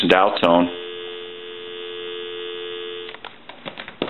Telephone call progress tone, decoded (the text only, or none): dial tone